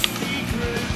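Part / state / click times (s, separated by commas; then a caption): drop-in compensator rotating into its locked position on a 1911 pistol slide / seated / 0.0 s. A drop-in compensator/bushing on a 1911 .45 pistol slide is rotated back against the recoil spring plug and gives a single sharp, bright click at 0.0 s. The click rises well above a steady, music-like background hum, and the compensator is seated back in its locked position.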